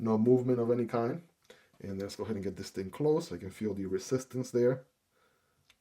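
A man talks while folding the steel blade of a Pro-Tech Godfather automatic button-lock knife closed into its handle against the spring resistance. His talking fills most of the clip, and a faint tick comes near the end at 5.7 s. Nothing has seated or clicked yet, as the blade is still being handled and has not snapped into the closed detent.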